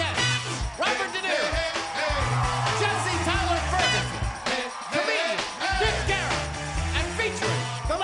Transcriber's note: applause